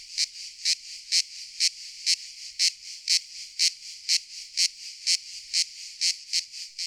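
Cicada song, a steady high buzz with loud pulsing bursts repeated about twice a second throughout, nothing else audible.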